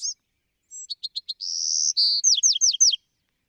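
Bewick's Wren singing one varied phrase: two thin whistles, a few clipped notes, two buzzy notes, then four quick downslurred notes in a row.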